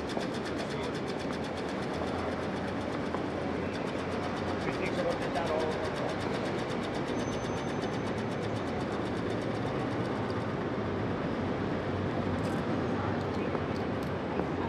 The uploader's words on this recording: 30th Street Station, 30th and Market Streets. The Solari board at the train station that announces arrivals and departures will soon be replaced by an LED screen, which will deprive us of the ticking and tacking of its mechanical action. All recordings and Photos by Michael Lawrence.